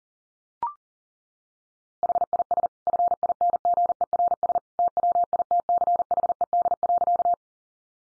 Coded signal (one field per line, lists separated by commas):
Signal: Morse code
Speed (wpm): 37 wpm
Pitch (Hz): 700 Hz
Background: none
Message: HIS FINGERS TWITCHED.